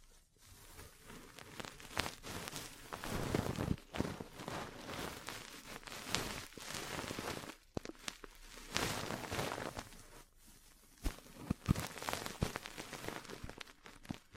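Ear cleaning, massage, cupping and tapping sounds come through as dense, scratchy crackling and rustling, with sharp taps and clicks scattered irregularly throughout. A heavier, deeper rubbing swells around three seconds, and the activity briefly drops away near eight and ten seconds.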